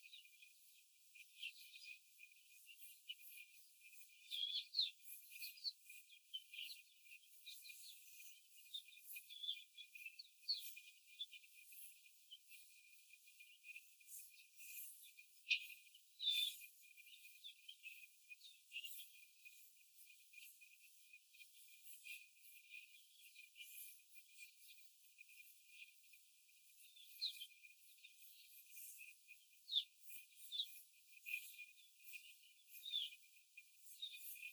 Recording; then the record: young laying hens in a cage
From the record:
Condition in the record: before the stressor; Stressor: simulated dog barking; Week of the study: 4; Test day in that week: 1